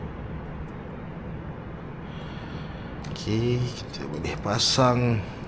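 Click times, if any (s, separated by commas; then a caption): none. A plastic part of a snap-fit Transformers G1 model kit is handled while being fitted into the figure's body, over a steady background hum. Someone talks briefly. Nothing has seated or clicked yet.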